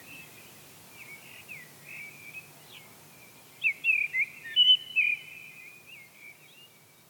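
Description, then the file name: Eurasian blackbird song: soft low warbling, then a clearer series of fluted, whistled notes in the middle, fading into quiet twitters. "Turdus merula"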